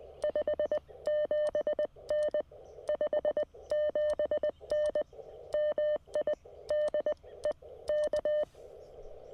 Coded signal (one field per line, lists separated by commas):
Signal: Morse code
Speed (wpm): 20 wpm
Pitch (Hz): 590 Hz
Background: none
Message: 57N 57N MI DE K